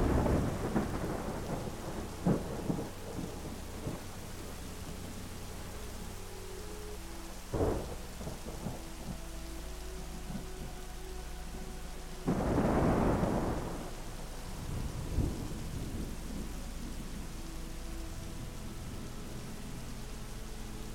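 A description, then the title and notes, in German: A thunderstorm with steady rain, and soft sustained tones of a melody drifting underneath. Thunder rumbles break in at the start, around 7–8 seconds, and most heavily around 12–14 seconds, with smaller cracks near 15 seconds. The rain hiss stays even throughout. GEWITTER, REGEN und MELODIE. Klang des Gewitters, wo jedem fernen Blitz das sanfte Murmeln des Regens folgt.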